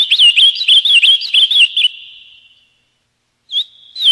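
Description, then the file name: Ultramarine grosbeak song: a quick series of clear looping whistles that ends in a long fading tone, then silence before a brief renewed whistle. "Canto-do-Azulão"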